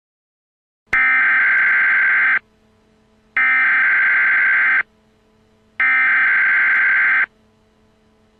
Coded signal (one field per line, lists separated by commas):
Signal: Emergency Alert System (SAME) tones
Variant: header bursts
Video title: Nuclear bomb eas fake prank free to use